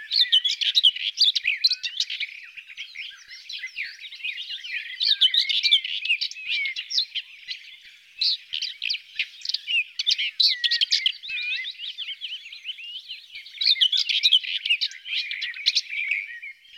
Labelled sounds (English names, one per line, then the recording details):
Common Whitethroat song
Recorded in the wild
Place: Ahlenmoor, Schleswig-Holstein, DE
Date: 1982-05-31
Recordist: Schwarz, Dieter
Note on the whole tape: Song